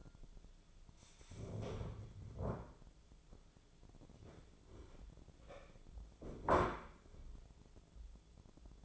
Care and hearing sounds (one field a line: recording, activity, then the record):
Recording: daily activity, microphone in the room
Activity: stand up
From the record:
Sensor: 5